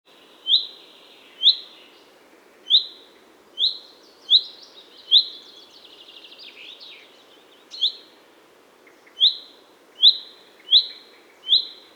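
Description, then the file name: Common chaffinch calls: short, clear, slightly rising notes repeated about once a second, with a brief jumble of other high chirps in the middle. "Fringilla coelebs"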